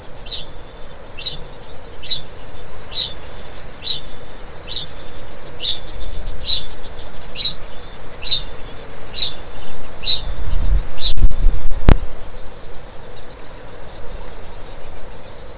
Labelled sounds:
Kākāpō (Strigops habroptilus) ching call
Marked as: faintness 3/5
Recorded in New Zealand
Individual Stumpy

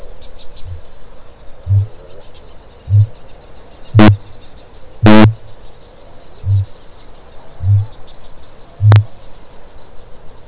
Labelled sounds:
Kākāpō (Strigops habroptilus) boom
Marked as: faintness 3/5, faintness 1/5
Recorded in New Zealand
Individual Stumpy

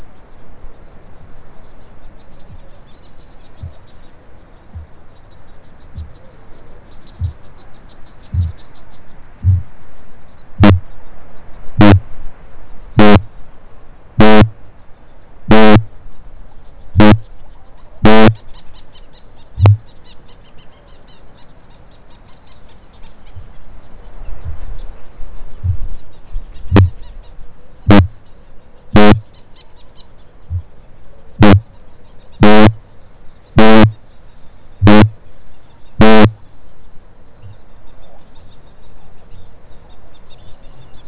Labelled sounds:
Kākāpō (Strigops habroptilus) boom
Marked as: faintness 3/5, faintness 2/5, faintness 1/5
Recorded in New Zealand
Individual Stumpy

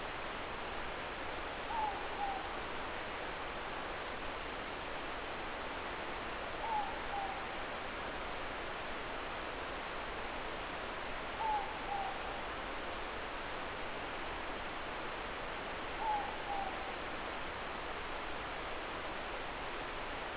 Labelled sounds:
Morepork (Ninox novaeseelandiae) more-pork call
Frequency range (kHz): Morepork (Ninox novaeseelandiae) 0.6-1.1 kHz
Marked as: faintness 3/5
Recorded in New Zealand
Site Eglinton

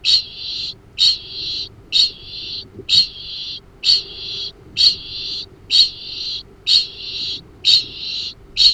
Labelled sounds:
Kākāpō (Strigops habroptilus) ching call
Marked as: faintness 1/5
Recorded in New Zealand
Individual Arab

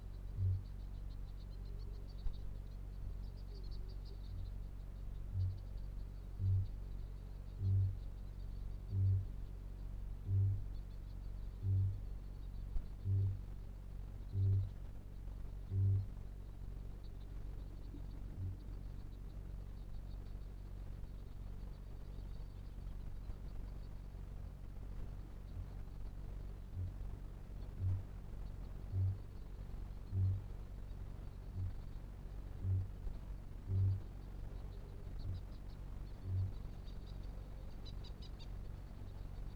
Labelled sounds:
Kākāpō (Strigops habroptilus) boom
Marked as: faintness 3/5, faintness 5/5, faintness 2/5, faintness 4/5
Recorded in New Zealand
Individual Felix

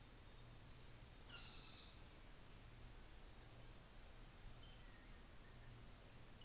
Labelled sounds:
North Island Saddleback (Philesturnus rufusater)
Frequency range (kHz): North Island Saddleback (Philesturnus rufusater) 1.1-4.9 kHz
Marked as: faintness 3/5
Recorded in New Zealand on 24 December 2018
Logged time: 17:00

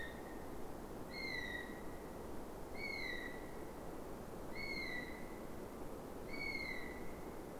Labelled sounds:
North Island Brown Kiwi (Apteryx mantelli) male call
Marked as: faintness 2/5
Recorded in New Zealand on 5 November 2015
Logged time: 22:59
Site CQ72

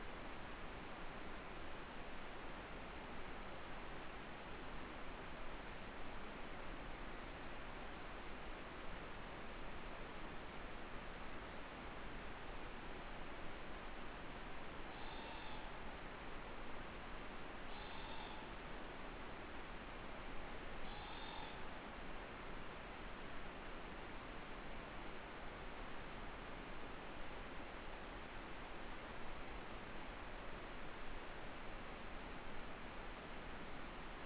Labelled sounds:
Morepork (Ninox novaeseelandiae) trill
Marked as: faintness 3/5
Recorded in New Zealand
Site Eglinton

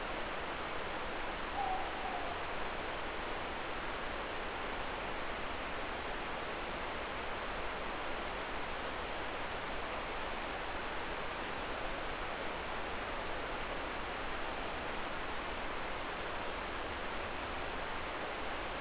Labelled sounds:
Morepork (Ninox novaeseelandiae) more-pork call
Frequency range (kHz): Morepork (Ninox novaeseelandiae) 0.6-0.9 kHz
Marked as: faintness 3/5
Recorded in New Zealand
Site Eglinton

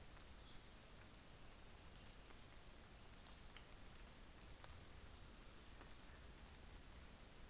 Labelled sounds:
New Zealand Fantail (Rhipidura fuliginosa)
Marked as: faintness 4/5, faintness 1/5
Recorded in New Zealand on 24 December 2018
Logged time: 09:00

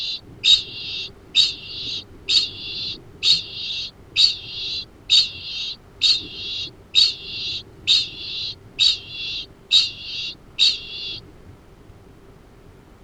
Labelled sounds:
Kākāpō (Strigops habroptilus) ching call
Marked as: faintness 2/5
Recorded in New Zealand
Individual Arab

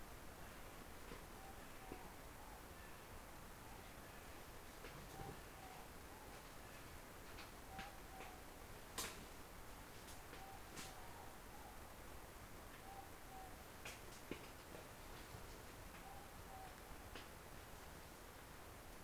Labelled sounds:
North Island Brown Kiwi (Apteryx mantelli) female call
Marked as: faintness 5/5
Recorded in New Zealand on 16 November 2013
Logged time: 21:44
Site BS16

